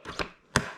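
A front swivel wheel is pushed onto the front leg socket of a Hauck Uptown Duo pushchair and turned, with a softer knock at 0.2 s. A loud, sharp click at 0.6 s shows the wheel has seated, followed by a faint tick at 0.8 s.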